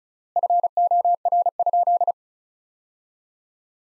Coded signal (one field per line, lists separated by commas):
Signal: Morse code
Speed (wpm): 36 wpm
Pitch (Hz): 700 Hz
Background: none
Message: FOR?